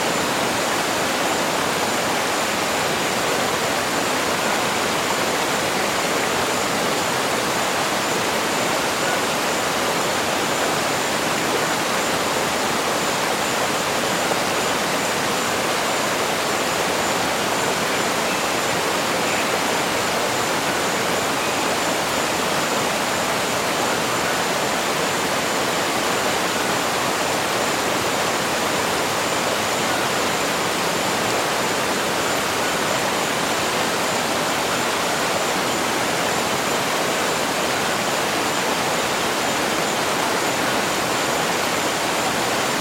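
A rainforest waterfall pours in a dense, steady rush that stays constant throughout, bright and hissing with a softer rumble underneath.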